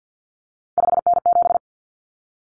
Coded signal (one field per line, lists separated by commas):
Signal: Morse code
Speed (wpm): 50 wpm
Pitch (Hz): 700 Hz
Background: none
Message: 5N7